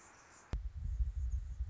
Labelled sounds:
Anna's Hummingbird
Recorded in Sonoma County, California

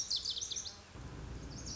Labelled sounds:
Lazuli Bunting
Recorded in Sonoma County, California

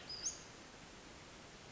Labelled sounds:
Western Flycatcher
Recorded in Sonoma County, California

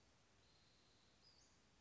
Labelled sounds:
Western Flycatcher
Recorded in Sonoma County, California

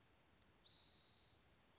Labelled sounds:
Spotted Towhee
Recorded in Sonoma County, California

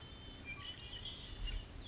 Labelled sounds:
Red-winged Blackbird
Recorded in Sonoma County, California

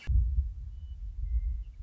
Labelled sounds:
Western Meadowlark
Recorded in Sonoma County, California

